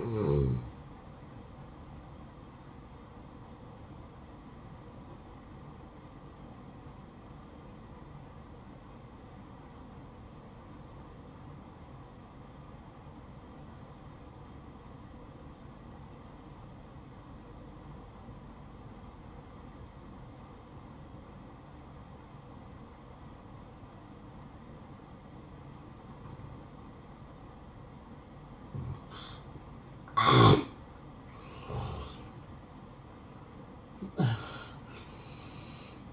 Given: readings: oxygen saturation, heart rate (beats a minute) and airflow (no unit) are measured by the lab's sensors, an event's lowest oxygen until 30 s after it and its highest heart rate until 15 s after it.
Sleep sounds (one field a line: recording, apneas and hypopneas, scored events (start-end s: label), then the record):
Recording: breathing in sleep by a smartphone at the bedside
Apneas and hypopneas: 1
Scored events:
4.00-30.90 s: obstructive apnea (N2, oxygen 95% highest, then 85% lowest, heart rate 63 at the start, 72 highest)
From the record:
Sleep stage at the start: N2 (light sleep)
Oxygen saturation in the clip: 83 to 95%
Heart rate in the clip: 61 to 67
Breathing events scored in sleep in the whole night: 573 in 9.8 hours asleep